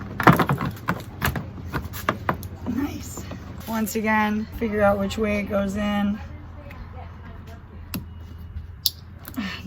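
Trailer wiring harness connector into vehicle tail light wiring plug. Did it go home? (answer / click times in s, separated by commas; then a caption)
yes / 8.9 s. On a 2016 Kia Soul, the plastic connector of a trailer wiring harness is oriented and pushed into the vehicle's tail light wiring plug while someone talks, with sharp handling clicks and rattles early on. It latches with a crisp click at 8.9 s, and the connector is seated.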